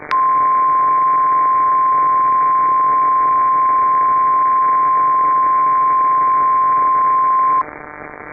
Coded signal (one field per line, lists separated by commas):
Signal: Emergency Alert System (SAME) tones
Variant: 1050 Hz attention tone